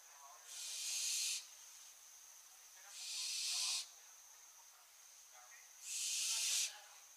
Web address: Schleiereule - Schleiereule - Tyto alba